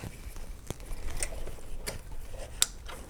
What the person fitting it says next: And that was just enough to get it to lock into place.